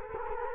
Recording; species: mosquito wingbeat signal from an infrared sensor; Culex quinquefasciatus